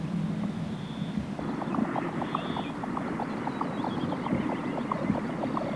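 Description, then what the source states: Jack Snipe song: a rapid run of muffled, knocking pulses that gallops steadily along, over a low rumbling background. Field recording.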